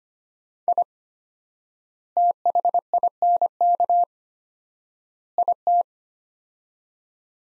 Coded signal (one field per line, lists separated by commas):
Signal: Morse code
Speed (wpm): 25 wpm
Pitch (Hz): 700 Hz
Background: none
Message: I THINK IT